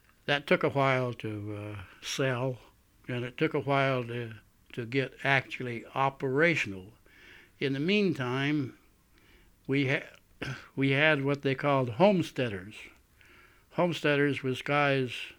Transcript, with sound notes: That took a while to sell, and it took a while to, to get actually operational. In the meantime, we had, (coughs) we had what they called homesteaders. Homesteaders was guys,